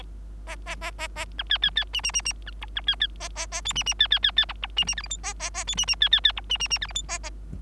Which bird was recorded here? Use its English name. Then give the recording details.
Bengalese Finch. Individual Bird3